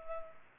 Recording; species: mosquito wingbeat signal from an infrared sensor; Culex pipiens